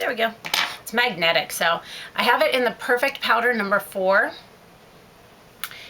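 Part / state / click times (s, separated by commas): metal-backed powder pan into magnetic compact case / seated / 5.6 s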